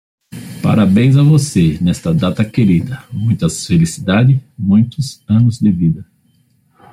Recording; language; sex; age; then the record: short text; Brazilian Portuguese; male; 50 to 59 years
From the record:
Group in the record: control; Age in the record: 54 years